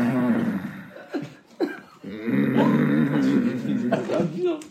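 A man vocally imitates the loud snoring of a friend's father: a low rumbling growl, two or three short snorting bursts, then a long drawn-out throaty rumble. It is an imitation, not real sleep breathing, mimicking a heavy, deep snorer; this noise meant the father would not wake up.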